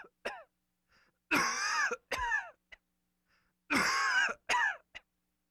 Coughing man.